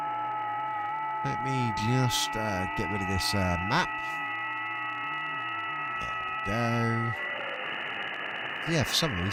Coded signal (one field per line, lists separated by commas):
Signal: FT8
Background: speech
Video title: Scanning the airwaves with the SDR, hopefully find something interesting.